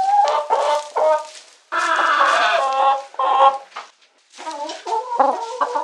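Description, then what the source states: Chicken clucking and squawking in harmonic bursts, a loud drawn-out squawk near the middle, then quicker choppy clucks after a short pause. Domestic chicken.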